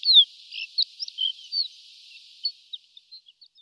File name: Javoronok rogatyy